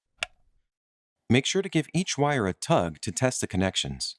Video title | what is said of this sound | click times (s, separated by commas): Tesla Powerwall 2 wiring tutorial | the AC harness into the AC port inside the wiring compartment listen for an audible click | 0.2 s